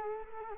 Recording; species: mosquito wingbeat signal from an infrared sensor; Culex quinquefasciatus